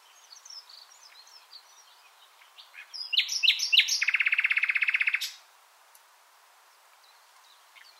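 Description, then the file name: Common nightingale song: quiet scattered notes, then loud varied chirps leading into a fast, even, rattling trill lasting over a second before silence. "Luscinia megarhynchos"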